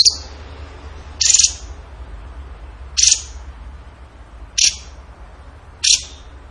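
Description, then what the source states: Bird chirps: short, sharp high notes repeated about every one and a half seconds over a soft background hiss. Masteran training recording; tembakan gacor song style.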